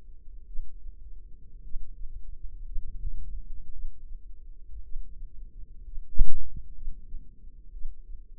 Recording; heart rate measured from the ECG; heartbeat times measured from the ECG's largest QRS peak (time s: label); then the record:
heart sounds by microphone in the left ear; 58 bpm
0.46 s: heartbeat
1.62 s: heartbeat
2.64 s: heartbeat
3.71 s: heartbeat
4.82 s: heartbeat
5.83 s: heartbeat
6.73 s: heartbeat
7.72 s: heartbeat
From the record:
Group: healthy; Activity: rest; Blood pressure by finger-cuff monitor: 87/60 mmHg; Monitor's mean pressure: 69 mmHg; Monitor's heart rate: 56 bpm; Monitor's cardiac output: 4.2 L/min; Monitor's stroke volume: 75 mL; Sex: female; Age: 36 years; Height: 163 cm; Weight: 88 kg